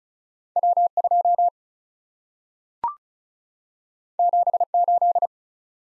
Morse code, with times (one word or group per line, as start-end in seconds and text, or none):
0.6-0.9 W
1.0-1.5 2
4.2-4.6 7
4.7-5.3 8